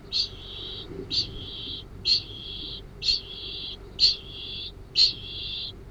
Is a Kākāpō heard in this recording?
yes